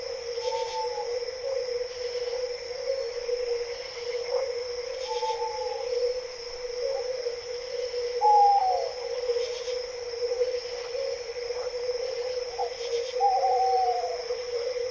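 A night forest chorus with steady insects droning in several bright, unbroken bands. Over it, a frog or bird gives short sliding calls every few seconds, and faint high chirping bursts pulse at regular intervals throughout.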